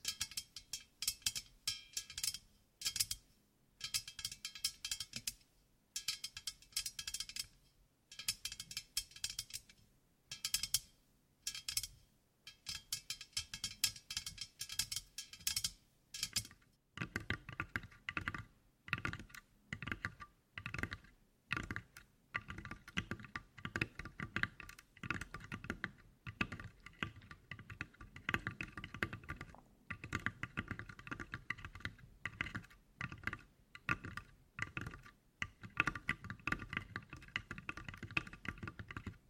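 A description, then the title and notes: Quick, irregular tapping in bursts, bright and clicky for the first seventeen seconds, then duller and lower-pitched through the rest. ASMR Tapping For Sleep and Endless Tingles (No Talking).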